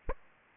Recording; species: mosquito wingbeat signal from an infrared sensor; Aedes aegypti